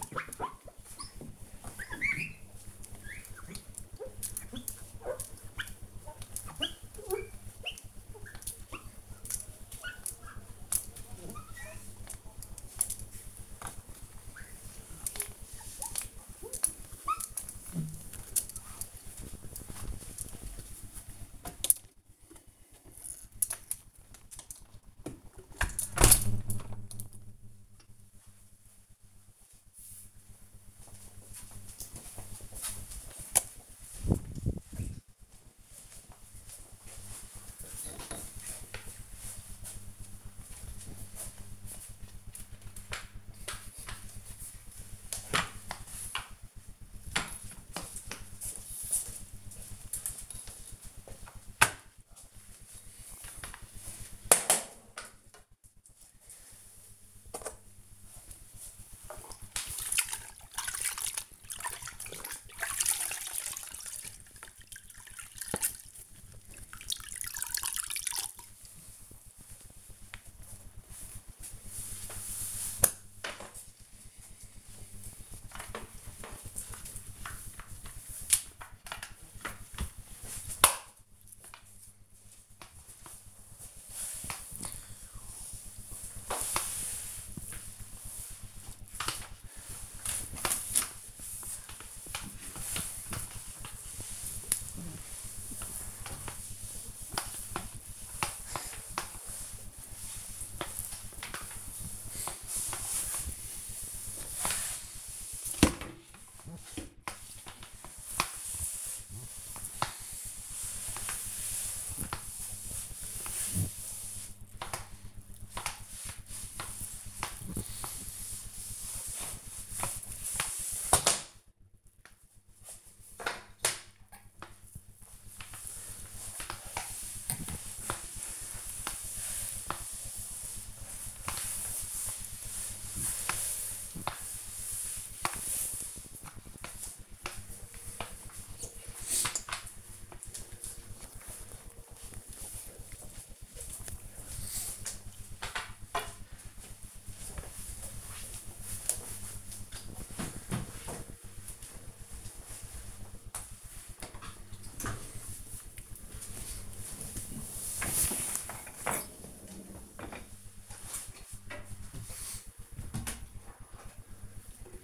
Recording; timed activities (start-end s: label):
household activities, microphone on the right wrist
0.00-26.19 s: window cleaning
38.26-139.87 s: floor cleaning
153.96-164.84 s: cleaning out the dishwasher